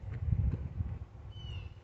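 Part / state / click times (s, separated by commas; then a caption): rear reflector into car bumper cover / not seated / none. A plastic rear reflector is handled against the rear bumper cover of a Focus ST, lined up so its tabs can go into the square holes. Low, muffled thumps and rubbing from the handling fill the first second, and a faint, thin high tone rises briefly around 1.3 to 1.7 s. Nothing has seated or clicked yet.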